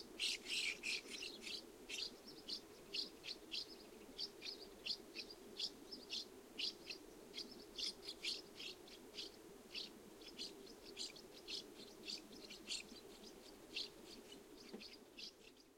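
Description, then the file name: Common house martin calls: short, dry chirps repeated in a quick irregular series throughout, busier at the start, with a constant low background hum. Recorded on 20 July 2012. "Delichon urbicum - 2012-07-20"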